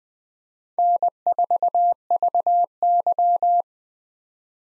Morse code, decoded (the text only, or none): N4VY